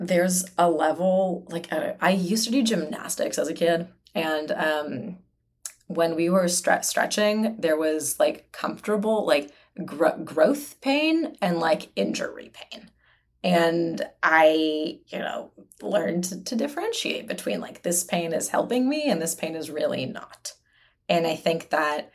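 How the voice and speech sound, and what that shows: An adult woman who has stuttered since birth talks at an easy conversational pace, broken by part-word repetitions such as "gro-growth" and "stre-stretching", stretched sounds, filled pauses and hesitant stops before words. These are mild stuttering disfluencies woven into otherwise fluent speech.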